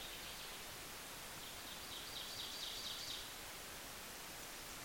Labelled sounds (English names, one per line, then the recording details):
Ovenbird song
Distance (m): 50 m
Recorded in boreal forest in Alberta, Canada, on 28 May 2016 at 05:50
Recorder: SongMeter 3, array SBT-3-49
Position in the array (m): 41 m, 142 m
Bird 15